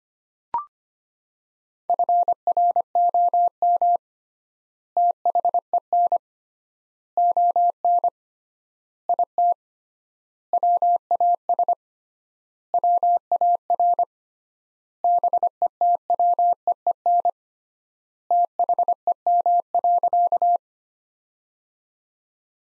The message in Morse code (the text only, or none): FROM THEN ON IT WAS WAR BETWEEN THEM.